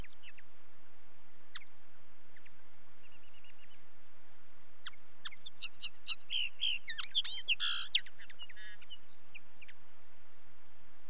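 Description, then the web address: Common linnet calls: scattered thin chirps early on, then a denser run of twittering notes and a short trill, set against a steady hiss. "BBC Sound Effects Library. Linnet"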